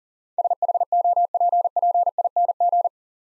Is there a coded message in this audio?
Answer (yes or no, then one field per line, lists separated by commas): yes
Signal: Morse code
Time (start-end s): 0.4-2.9 s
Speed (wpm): 40 wpm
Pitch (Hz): 700 Hz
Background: none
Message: SHOPPING